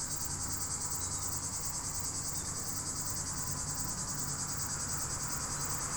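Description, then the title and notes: Cicada singing a dense, even high-pitched buzz with a rapid pulse, over a steady low rumble. Roadside by the D991 on Groisin hill, Chindrieux, France; hot sunny day; Zoom H4n Pro resting on a bicycle. "5160 Rte d'Aix, 73310 Chindrieux, France - cigale en bord de route. arrêt dans la côte de Groisin au bord de la D991 par cette chaude journée ensoleillée , les sons de la nature , cigale, criquets pigeon ramier"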